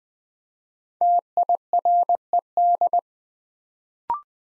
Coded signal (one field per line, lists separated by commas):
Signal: Morse code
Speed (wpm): 20 wpm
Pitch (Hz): 700 Hz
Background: none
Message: TIRED